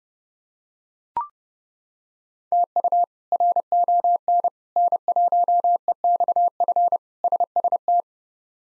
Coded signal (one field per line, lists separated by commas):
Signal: Morse code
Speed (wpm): 30 wpm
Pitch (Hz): 700 Hz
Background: none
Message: TU RON N1EXF SST